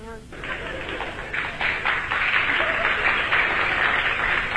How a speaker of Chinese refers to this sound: 那这鼓掌的人不多呀、啊、鼓掌的人都是南方人 啊， 北方人他还是没听懂。